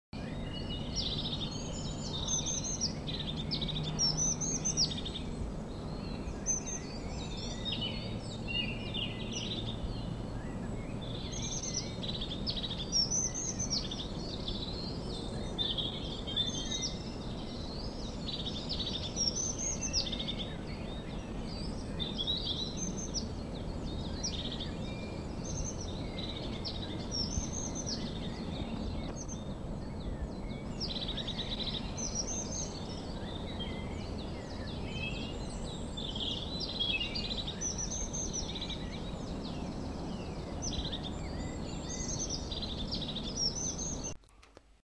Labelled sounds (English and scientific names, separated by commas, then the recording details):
European Crested Tit (Lophophanes cristatus)
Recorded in the wild
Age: adult
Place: Kärnten, AT
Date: 1972-04-03
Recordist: Brunner, Thomas
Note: Aufnahme im Mirnockgebiet, Kärnten